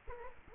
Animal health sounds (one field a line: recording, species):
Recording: mosquito wingbeat signal from an infrared sensor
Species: Culex quinquefasciatus